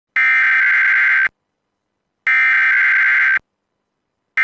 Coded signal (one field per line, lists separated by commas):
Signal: Emergency Alert System (SAME) tones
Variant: header bursts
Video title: Required Weekly Test [WDFA The Blizzard]